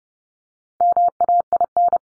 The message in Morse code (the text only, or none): MAIN